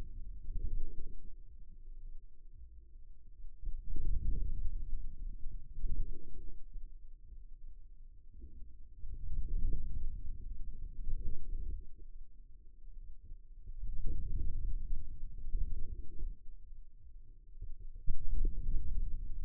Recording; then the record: forearm muscle sounds (acoustic myography)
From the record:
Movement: outward rotation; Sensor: system 2, bracelet of six BSWA MPA416 microphones around the upper forearm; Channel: 2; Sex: male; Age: 22 years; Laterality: right